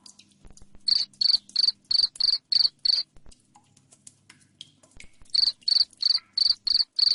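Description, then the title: Cricket chirping in loud, shrill pulses, about three per second, in two bursts separated by a quiet pause. Loud cricket chirping (ngerik) played to make lovebirds sing (ngekek) continuously. "Suara JANGKRIK NGERIK Keras Bikin LOVEBIRD Jadi NGEKEK Terus"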